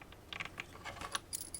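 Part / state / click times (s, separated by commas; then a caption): compute module into mainboard slot / seated / 0.3 s, 1.1 s. A compute module is pushed down into the mainboard slot of a clockwork uConsole until both side retaining clips snap over it. Short, sharp clicks and light rattles are heard, and the clips click home at about 0.3 s and 1.2 s, leaving the module seated. Someone talks.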